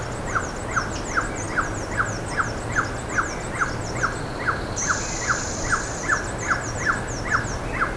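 Bird giving crisp short notes in a regular run, about two and a half per second, while other birds chirp high in the background.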